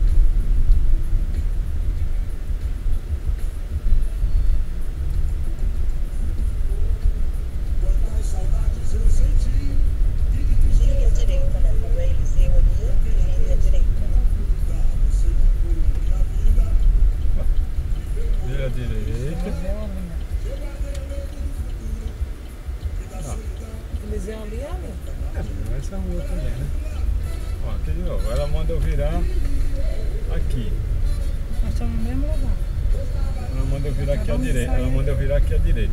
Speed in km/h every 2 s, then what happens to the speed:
17, 10, 16, 19, 23, 27, 29, 28, 21, 11, 4, 2, 5, 8, 15, 20, 22, 23.
0-2 brakes to 10. 2-11 speeds up to 29. 14-20 brakes to 4. 23-36 pulls away to 23.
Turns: none.